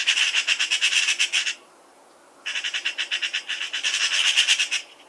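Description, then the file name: Eurasian magpie giving a harsh, rattling chatter of rapid dry notes, a long burst, a brief pause, then another extended rattle that swells toward its end. "Pica pica"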